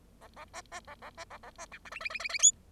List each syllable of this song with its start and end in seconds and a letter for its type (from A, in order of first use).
0.21-0.28 A, 0.36-0.45 A, 0.53-0.61 B, 0.71-0.80 B, 0.87-0.95 A, 1.02-1.10 A, 1.17-1.25 B, 1.30-1.38 A, 1.43-1.50 A, 1.58-1.66 B, 1.72-1.78 C, 1.85-1.90 D, 1.91-2.00 E, 2.00-2.09 E, 2.10-2.19 E, 2.19-2.29 E, 2.29-2.39 E, 2.39-2.51 F